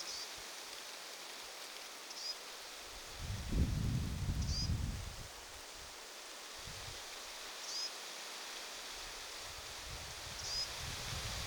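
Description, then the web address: Lesser whitethroat young with thin, high rising calls repeated every few seconds; a burst of rustling midway and steady soft hiss. Young bird, a chick, possibly giving attention-seeking calls; recorded 20 July 2026. "paivat 20 7 2026 tietaakseni hernekertun poikasen ehka huomioaantelya"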